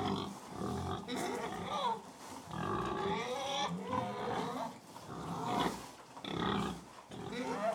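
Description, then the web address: Pig grunting and squealing while feeding, a near-continuous stream of nasal grunts with rising squeals and snuffling, broken by short quieter gaps. Pig feeding, close perspective; livestock. "BBC Sound Effects Library BBC Livestock Close Perspective Of Pig Feeding"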